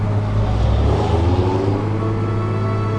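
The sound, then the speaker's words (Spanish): A jeep engine drones steadily with a deep low rumble and a rising whine as it drives along a country road through pastures, with no voices over the continuous motor noise. “Manuel, quien en su jeep reconoce que es primera vez que toma este trayecto y se encuentra ahora literalmente perdido”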